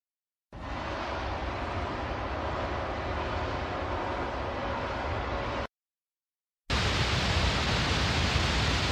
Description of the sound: Let's listen to these 10 different types of tinnitus. Typically, ringing, buzzing, hissing, electrical noise, or crickets are related to damage to the hearing organ, the cochlea.